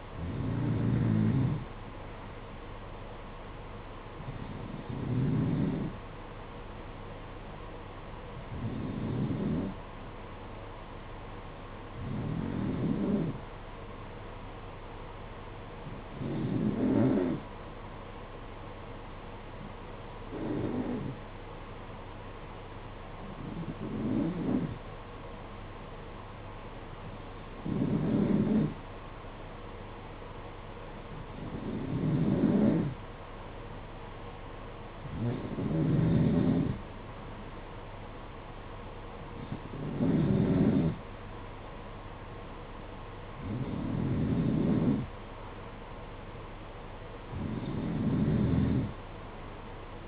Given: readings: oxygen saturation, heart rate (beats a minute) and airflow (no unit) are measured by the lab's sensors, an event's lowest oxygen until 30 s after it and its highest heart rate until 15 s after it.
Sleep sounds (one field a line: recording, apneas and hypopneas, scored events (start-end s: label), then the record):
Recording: breathing in sleep by a voice recorder at the bedside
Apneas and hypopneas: none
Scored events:
none scored
From the record:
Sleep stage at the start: N2 (light sleep)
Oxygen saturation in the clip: 91 to 92%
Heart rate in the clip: 55 to 61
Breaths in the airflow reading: 13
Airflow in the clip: -7.9 to 4.9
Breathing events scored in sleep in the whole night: 476 in 9.7 hours asleep